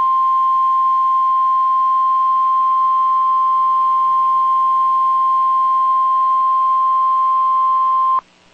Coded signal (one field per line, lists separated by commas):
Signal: Emergency Alert System (SAME) tones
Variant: 1050 Hz attention tone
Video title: One week until school eas alerts from 8/31/22￼ eas479-481